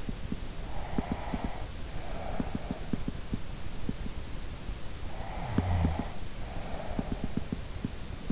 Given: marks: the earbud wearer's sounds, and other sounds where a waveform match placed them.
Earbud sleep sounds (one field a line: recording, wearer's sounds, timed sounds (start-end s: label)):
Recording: sounds in sleep by an in-ear microphone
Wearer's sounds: breath, snoring breath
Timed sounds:
0.44-4.01 s: breath
5.10-8.32 s: snoring breath